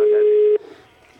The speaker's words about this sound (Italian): Niente. Squilla il telefono.